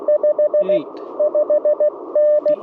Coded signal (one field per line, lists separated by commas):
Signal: Morse code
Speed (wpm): 20 wpm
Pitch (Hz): 590 Hz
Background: speech, radio noise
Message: 5 5N